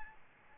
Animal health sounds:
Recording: mosquito wingbeat signal from an infrared sensor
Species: Aedes albopictus

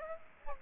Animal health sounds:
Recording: mosquito wingbeat signal from an infrared sensor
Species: Aedes aegypti

